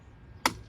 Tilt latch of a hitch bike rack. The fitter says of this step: you can hear it click pull that down